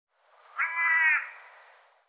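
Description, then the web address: Bird call: a single drawn-out, nasal harmonic note lasting about half a second, fading away afterward. "cianscape birddata"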